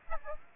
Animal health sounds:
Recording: mosquito wingbeat signal from an infrared sensor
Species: Aedes aegypti

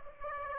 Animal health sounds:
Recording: mosquito wingbeat signal from an infrared sensor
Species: Aedes aegypti

